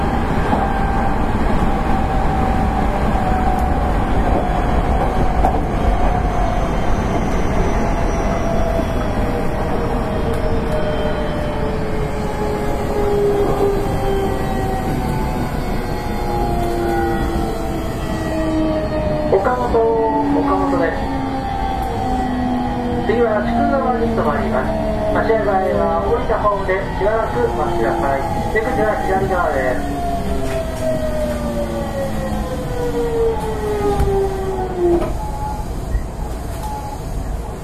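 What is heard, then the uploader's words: A Hankyu Railway 8000 series express train runs steadily, its motor whine sliding downward in pitch over the whole stretch as the train slows. Around the twenty-second mark, rapid clattering and short squeals break in, continuing through the middle, over a constant low rumble. 阪急電鉄8000系電車の走行音です。 神戸線の特急列車で録音しました。 区間は新開地から梅田までです。 Running sound of Hankyu Railway 8000 series train. Express train of Kobe Line.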